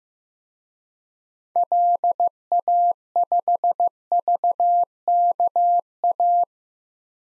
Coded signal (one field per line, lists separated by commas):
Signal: Morse code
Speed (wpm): 15 wpm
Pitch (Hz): 700 Hz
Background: none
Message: LA5VKA